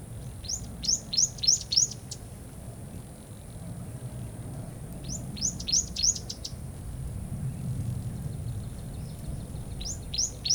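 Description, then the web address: Bird giving three bursts of rapid high chirps spread throughout, over a constant low rumble. Daytime river scene in a jungle or rainforest atmosphere. "river day bird call. dschungel regenwald"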